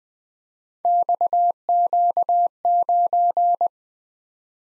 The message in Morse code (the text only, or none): XQ9